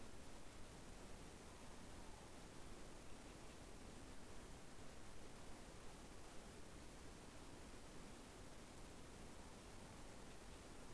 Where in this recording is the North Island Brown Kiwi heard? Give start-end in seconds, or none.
none